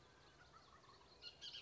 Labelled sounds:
Bullock's Oriole
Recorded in Sonoma County, California

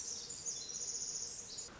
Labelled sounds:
Pacific Wren
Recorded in Sonoma County, California

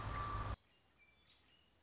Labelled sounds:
American Robin
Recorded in Sonoma County, California

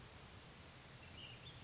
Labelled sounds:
Ash-throated Flycatcher
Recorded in Sonoma County, California

